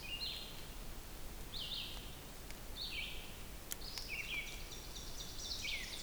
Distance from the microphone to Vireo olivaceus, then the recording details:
about 55 m. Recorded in boreal forest in Alberta, Canada, on 2 June 2016 at 07:54. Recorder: SongMeter 3, array SBT-3-7. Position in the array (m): 75 m, 143 m